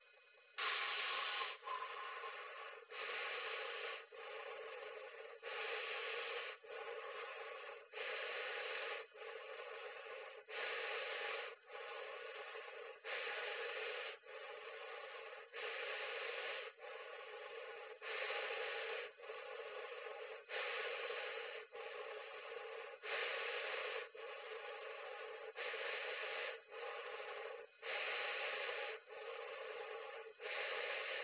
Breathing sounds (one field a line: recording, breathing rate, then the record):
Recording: paced breathing near a phone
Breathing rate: 24 breaths a minute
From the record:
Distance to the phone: 20 cm